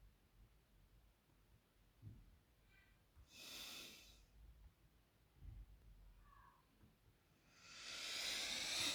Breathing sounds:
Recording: nose breathing near a microphone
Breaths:
1.20-3.03 s: inhalation
3.03-4.33 s: exhalation
6.70-8.95 s: inhalation
From the record:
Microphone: phone

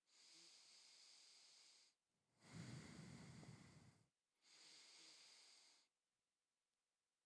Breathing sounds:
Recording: nose breathing near a microphone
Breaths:
0.00-2.02 s: inhalation
2.02-4.17 s: exhalation
4.17-5.97 s: inhalation
From the record:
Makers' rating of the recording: medium

